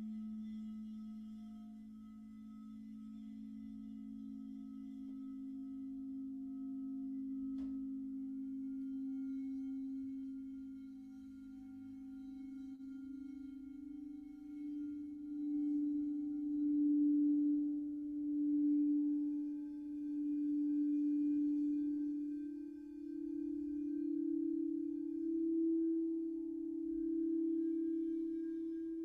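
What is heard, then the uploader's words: A crystal bowl rings with a steady, pure low tone, its pitch rising slightly over the half minute. After about fifteen seconds the sound swells and pulses in slow waves of loudness, a soft click at around eight seconds. Faint higher overtones hover above. This is a Crystal bowl healing sound bath. The beautiful healing tones from the chakra tuned bowls.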